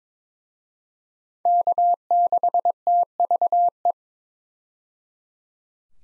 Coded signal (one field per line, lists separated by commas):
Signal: Morse code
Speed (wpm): 22 wpm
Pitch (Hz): 700 Hz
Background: none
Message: K6TVE